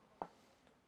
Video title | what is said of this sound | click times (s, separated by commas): LocknLock Glass 9 x 9" and Glass Pie Dish Bake Set on QVC | so it goes on top and locks in place and allows you then to do | 0.2 s